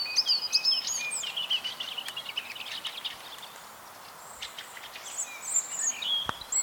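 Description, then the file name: European robin song: a tumbling run of high, thin whistled notes, a brief lull, then another scratchy, sliding phrase against a soft noisy background. "Erithacus rubecula"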